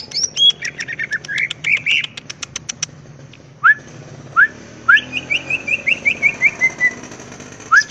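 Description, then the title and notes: Greater green leafbird giving rapid ticks and wavering whistles, then scattered upslurred notes and a descending series of chirps over a constant background hiss. Singing vigorously (gacor) with ngentrok song style and raised crest (jambul nembak); melodious song described as suitable as a master recording for training leafbirds. "Cucak Ijo Gacor Ngentrok Jambul Nembak. suara burung cucak ijo gacor, merdu cocok buat masteran burung cucak ijo"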